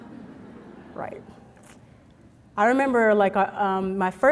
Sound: laughter

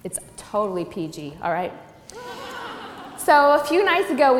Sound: laughter

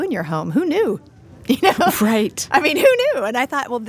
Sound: laughing

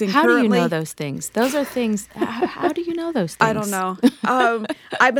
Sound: laughter

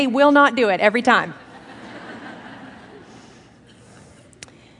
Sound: laughter

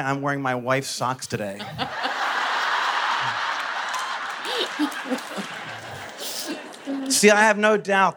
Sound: laughter

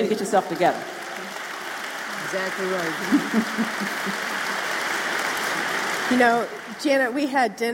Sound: applause

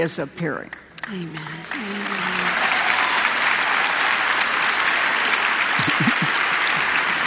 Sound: applause

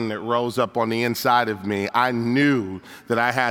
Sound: none

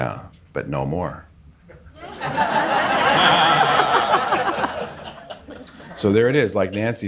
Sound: laughter

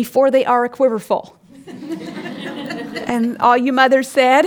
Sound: laughter

